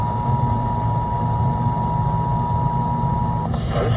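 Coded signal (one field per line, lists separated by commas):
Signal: Emergency Alert System (SAME) tones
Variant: 853 and 960 Hz attention tone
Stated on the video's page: Tornado drill alert relayed over an AM radio station.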